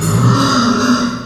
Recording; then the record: squeal of a Yucatan mini pig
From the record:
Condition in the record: after surgery on the right vocal fold (resection and tissue-engineered implant); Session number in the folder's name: 11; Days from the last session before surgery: 98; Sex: female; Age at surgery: 19 weeks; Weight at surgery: 25 kg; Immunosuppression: prednisolone